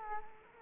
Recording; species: mosquito wingbeat signal from an infrared sensor; Culex quinquefasciatus